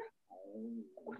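A brief low, tonal gurgle with a wavering pitch lasts about a second in a quiet room. It is a tummy rumble (borborygmi) from an adult's abdomen, ordinary gut noise from gas and fluid moving through the bowel.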